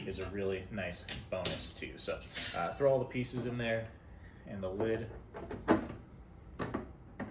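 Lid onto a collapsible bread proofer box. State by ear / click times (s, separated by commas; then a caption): not seated / none. Someone talks while packing the pieces of a collapsible bread proofer into its storage box and bringing the plastic lid toward it. Short sharp handling knocks come near the end, but the lid has not snapped into place yet; nothing has seated or clicked.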